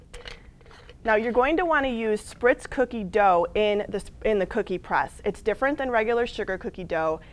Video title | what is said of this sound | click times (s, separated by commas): Using Your Spritz Cookie Press | And you'll begin to hear a click like that. | 0.1 s, 0.3 s